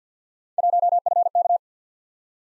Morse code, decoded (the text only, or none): 1FK